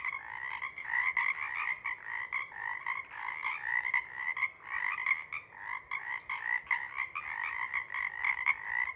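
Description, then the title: Pacific chorus frogs in dense chorus, overlapping ribbit calls pulsing continuously. Pond chorus in pre-morning twilight as late night wanes; temperature torpor sets in and individuals leave to hunt; chorus breaks into successive waves circling the pond, then long staccato sections tapering away. "Chorus Frogs, Chorus Waxes and Wanes, pre-morning-twilight"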